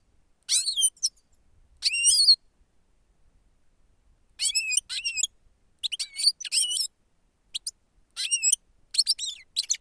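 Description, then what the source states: European goldfinch giving liquid, high twittering calls in short bursts, separated by brief pauses, with no other sounds clearly heard. Lure (manok) recording.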